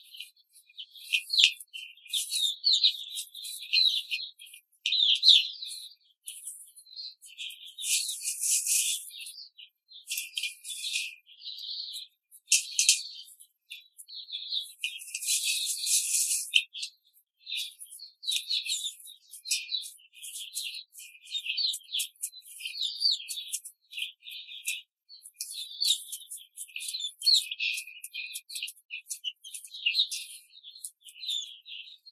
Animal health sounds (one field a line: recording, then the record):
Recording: young laying hens in a cage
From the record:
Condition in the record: control cage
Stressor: none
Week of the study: 5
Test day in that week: 1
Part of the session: 4